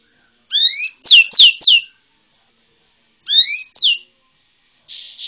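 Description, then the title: White-rumped shama song: ringing whistled intro notes followed by loud downward-slurred notes, repeated in a shorter second phrase. Bornean white-rumped shama (murai Borneo). "MURAI BORNEO MAS KIKI"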